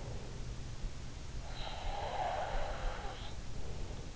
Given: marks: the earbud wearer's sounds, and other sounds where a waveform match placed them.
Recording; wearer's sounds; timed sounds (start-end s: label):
sounds in sleep by an in-ear microphone; breath
0.74-3.37 s: breath